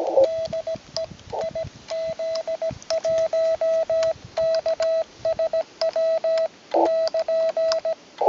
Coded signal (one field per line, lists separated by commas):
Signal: Morse code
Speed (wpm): 17 wpm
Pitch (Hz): 650 Hz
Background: none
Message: DE IZ1KSW <KN>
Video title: CW QRP dal monte S.Nicolao - 1